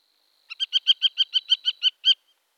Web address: Rohrweihe. busard des roseaux